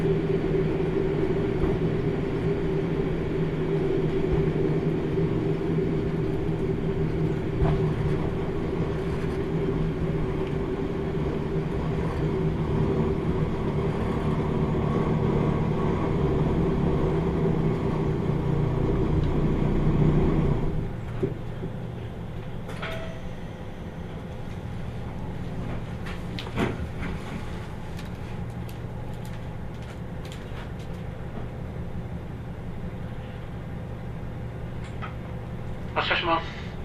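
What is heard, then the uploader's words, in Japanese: Interior of the Kyushu Odan Limited Express 3 on the Hōhi Line between Tateno and Miyaji. A steady low engine drone and rumble run through the first twenty seconds, then drop to a quieter hum. Scattered clicks, knocks and brief rattles follow, with a sharper burst near the end. 豊肥本線 九州横断特急3号 立野→宮地。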